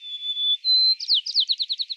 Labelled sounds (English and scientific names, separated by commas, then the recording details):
White-crowned Sparrow (Zonotrichia leucophrys) song
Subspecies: nuttalli
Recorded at Battery East, California, in 2013
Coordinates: 37.807, -122.473
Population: north
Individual beB_13